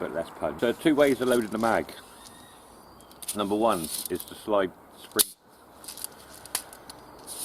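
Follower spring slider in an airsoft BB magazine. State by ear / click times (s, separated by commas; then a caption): seated / 6.5 s. Someone talks while sliding the follower spring back in the BB magazine of an Umarex H&K MP5K CO2 6mm airsoft gun. A few small clicks follow, and the spring locks into place with a sharp click at 6.6 s.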